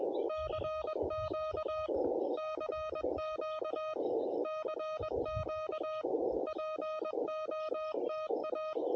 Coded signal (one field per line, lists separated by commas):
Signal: Morse code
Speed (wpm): 21 wpm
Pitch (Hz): 1250 Hz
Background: music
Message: CQ CQ CQ POTA